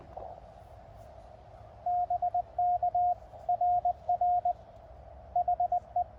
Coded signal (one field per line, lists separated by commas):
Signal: Morse code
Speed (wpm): 21 wpm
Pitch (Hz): 710 Hz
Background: radio noise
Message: BK RR HE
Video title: POTA QRP CW Cootie activation of White Pines State Forest, K-1031 using QRP-Labs QCX transceivers